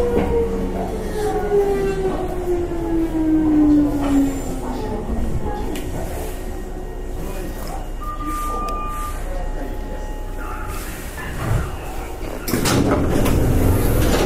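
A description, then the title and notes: Riding an express train on the Takarazuka Line, a steady low rumble fills the clip while a whining tone glides slowly downward over the first few seconds. Brief squeals and tonal hums appear midway, and around twelve seconds the rumble grows louder and rougher. 阪急6000系 宝塚線急行 梅田から宝塚まで. It is running sound of Hankyu Railway 6000 series train. I recorded on the express train of Takarazuka Line. The section is from Umeda to Takarazuka.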